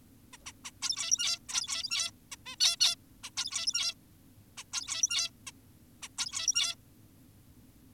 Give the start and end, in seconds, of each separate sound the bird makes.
0.33-0.37, 0.46-0.52, 0.65-0.71, 0.82-1.39, 1.49-2.11, 2.32-2.36, 2.46-2.56, 2.60-2.76, 2.80-2.96, 3.24-3.30, 3.37-3.94, 4.58-4.64, 4.73-5.30, 5.47-5.52, 6.02-6.08, 6.18-6.76